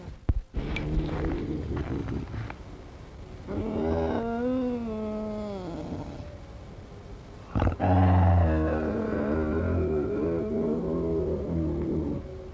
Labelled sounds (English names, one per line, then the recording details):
Eurasian Lynx growling
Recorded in captivity
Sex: pair
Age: adult
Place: Tierpark Berlin, Berlin, DE
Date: 1963-02-23 18:30
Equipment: Minifon, Kopie Smaragd
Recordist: Tembrock, Günter